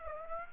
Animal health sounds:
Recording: mosquito wingbeat signal from an infrared sensor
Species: Aedes aegypti

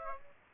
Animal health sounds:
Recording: mosquito wingbeat signal from an infrared sensor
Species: Aedes aegypti

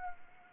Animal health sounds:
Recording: mosquito wingbeat signal from an infrared sensor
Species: Anopheles arabiensis

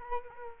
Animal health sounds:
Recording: mosquito wingbeat signal from an infrared sensor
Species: Culex quinquefasciatus

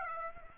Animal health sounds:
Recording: mosquito wingbeat signal from an infrared sensor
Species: Aedes aegypti

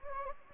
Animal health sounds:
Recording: mosquito wingbeat signal from an infrared sensor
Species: Anopheles gambiae

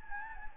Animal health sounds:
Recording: mosquito wingbeat signal from an infrared sensor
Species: Anopheles gambiae

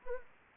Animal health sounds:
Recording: mosquito wingbeat signal from an infrared sensor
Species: Anopheles gambiae

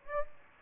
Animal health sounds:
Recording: mosquito wingbeat signal from an infrared sensor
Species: Aedes aegypti

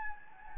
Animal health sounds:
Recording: mosquito wingbeat signal from an infrared sensor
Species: Anopheles gambiae

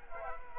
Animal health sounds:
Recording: mosquito wingbeat signal from an infrared sensor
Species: Culex quinquefasciatus

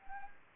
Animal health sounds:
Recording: mosquito wingbeat signal from an infrared sensor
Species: Anopheles gambiae

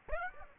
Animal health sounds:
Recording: mosquito wingbeat signal from an infrared sensor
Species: Aedes aegypti

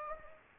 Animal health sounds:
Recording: mosquito wingbeat signal from an infrared sensor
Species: Anopheles gambiae

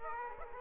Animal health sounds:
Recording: mosquito wingbeat signal from an infrared sensor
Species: Aedes aegypti

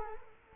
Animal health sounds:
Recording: mosquito wingbeat signal from an infrared sensor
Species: Culex quinquefasciatus

